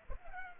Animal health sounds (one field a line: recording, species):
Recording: mosquito wingbeat signal from an infrared sensor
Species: Culex pipiens